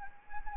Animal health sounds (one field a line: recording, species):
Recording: mosquito wingbeat signal from an infrared sensor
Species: Anopheles arabiensis